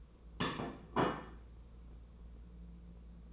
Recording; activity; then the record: daily activity, microphone in the room; place plate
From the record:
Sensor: 1